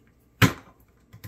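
A plastic toilet seat's hinge is set on top of the two fastened plastic mounting bolt units on a toilet bowl and pressed down. A loud, sharp click at 0.4 s marks the seat locking into place, followed by two faint taps near 1.1 and 1.2 s. The seat is seated and locked onto the mounting bolts.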